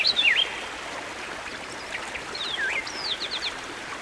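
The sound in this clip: Songbird giving a sharp dipping whistle, then softer scattered notes and a final phrase of swooping whistles and quick chips, against steady hiss.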